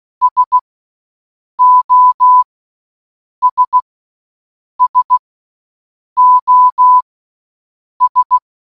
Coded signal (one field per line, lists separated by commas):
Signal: Morse code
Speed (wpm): 16 wpm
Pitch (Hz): 1000 Hz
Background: none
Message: SOS SOS